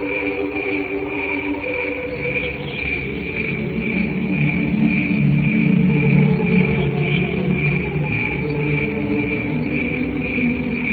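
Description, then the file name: Cricket chirping song, high pulses repeated steadily about twice a second, over a low droning hum with steady tonal bands throughout. "canto grilli"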